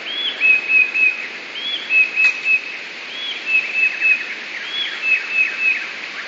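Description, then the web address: Eurasian blue tit song, four phrases, each a brief arched high note and then three evenly spaced thin whistles, one sharp click in the middle. "wroblowe teka 2 spiew. modraszkoteka"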